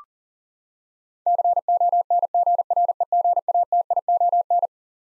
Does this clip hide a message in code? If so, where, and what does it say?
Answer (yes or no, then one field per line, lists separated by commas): yes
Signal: Morse code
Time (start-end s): 1.3-4.7 s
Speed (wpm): 38 wpm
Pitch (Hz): 700 Hz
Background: none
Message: CONGREGATION